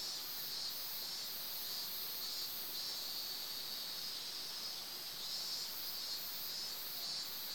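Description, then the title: Cicadas drone in a shrill buzz above the steady hiss of running water. Recorded in summer beside a stream in front of a training-camp building, Yugawa, Ito City, Shizuoka Prefecture, Japan; Tascam DR-07X handheld digital recorder. "湯川, 伊東市, 静岡県, 414-0006, 日本 - Summer Stream with Cicadas"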